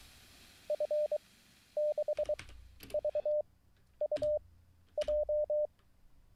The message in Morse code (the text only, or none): F6VUJ